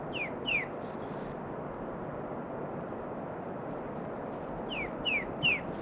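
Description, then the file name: Firethroat song: high descending slurred notes and a thin sustained whistle, then a quiet gap before another run of falling notes, with steady background hiss. "firethroat -Calliope-pectardens"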